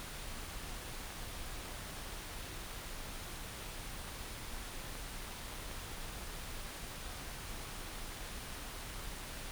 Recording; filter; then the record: brain microelectrode recording played as sound; wide band, above 20 Hz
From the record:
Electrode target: subthalamic nucleus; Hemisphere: right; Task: reaching with the left hand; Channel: 1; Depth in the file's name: 5.102 mm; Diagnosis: Parkinson's disease